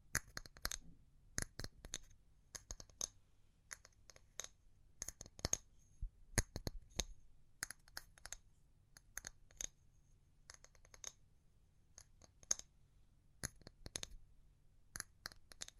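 Fast and slow tapping, made of sharp, bright clicks that come in quick clusters and scattered single taps throughout, some faster runs around two to three seconds and six to eight seconds. A soft low hum sits underneath the whole time.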